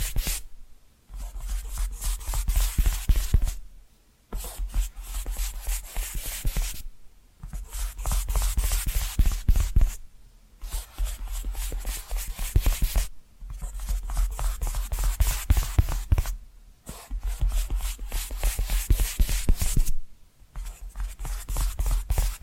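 Tapping and scratching in dense, fast bursts, each lasting a couple of seconds and separated by short silent gaps, repeating regularly through the clip. The scratching is bright and crisp, with a steady low rumble under each burst.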